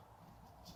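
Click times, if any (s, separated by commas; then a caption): none. A plastic wiper blade adapter on a 2015 Subaru Impreza is handled and pushed up and in toward the wiper arm hook, giving a low, steady rustle with a brief brighter hiss near 0.7 s. Nothing has seated or clicked yet; the blade clip is not home on the arm.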